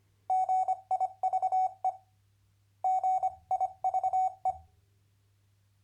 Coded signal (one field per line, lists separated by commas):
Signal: Morse code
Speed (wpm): 25 wpm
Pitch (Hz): 750 Hz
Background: none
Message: GIVE GIVE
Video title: MorseLAB 2.7 #amateurradio #hamradio #cw #morsecode #radioamateur